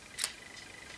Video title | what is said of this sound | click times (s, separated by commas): Hunter RDA by UD | pour venir clipser ça parfaitement dessus. Clac. | 0.2 s